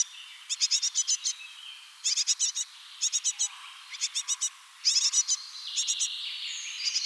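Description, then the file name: Great tit calls: short bursts of several rapid, sharp, high notes, repeated every second or so, with a faint higher whistle near the end. "Parus major"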